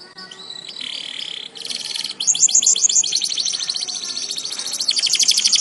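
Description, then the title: Atlantic canary song, a dense, high, rattling trill with quick chirped notes mixed in, over a faint background hiss. Canary song in the "kalitan" style, specifically the "gaya gela gelo" variant. "KENARI KALITAN GAYA GELA GELO"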